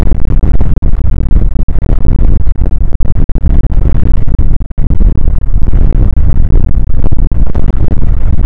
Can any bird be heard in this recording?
no